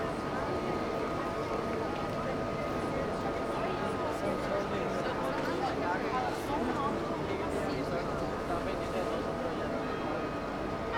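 A short walk through the Puerta del Sol, filled with a steady wash of crowd chatter and overlapping voices. Traffic rumble runs underneath, and a faint thin whine holds steady throughout, with no sharp events standing out over the eleven seconds.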